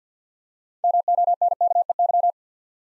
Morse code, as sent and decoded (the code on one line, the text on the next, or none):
-- --- -. -.- . -.--
MONKEY